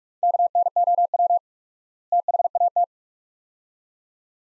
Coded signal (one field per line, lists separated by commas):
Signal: Morse code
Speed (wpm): 47 wpm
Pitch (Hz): 700 Hz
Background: none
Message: KNOW THAT